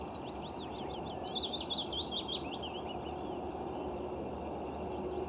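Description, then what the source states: Willow warbler song: a sweet, soft-whistled phrase that slides gradually downward in pitch, then fades, leaving steady background hiss. Resident passerine; length 11–12.5 cm, wingspan 17–22 cm.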